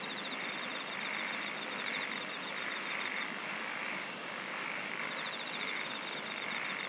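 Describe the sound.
Insects singing in a steady dense chorus, with rhythmic swells and short bursts of rapid high pulsing near the start and later on.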